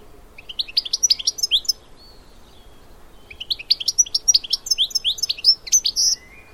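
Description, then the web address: Bird calls in two bursts of rapid, high, sharp chirps, separated by a brief quiet gap. "Deverinetal. Bird Only"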